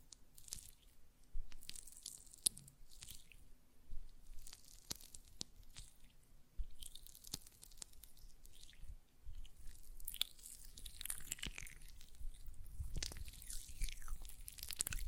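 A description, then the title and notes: Hands work a gel lotion, making wet squishing and sticky smacking sounds in irregular bursts throughout. Sharp clicky snaps punctuate the first half, while the last few seconds bring denser, brighter squelching over a faint low hum. ASMR Gel Lotion Hand Sounds (No Talking).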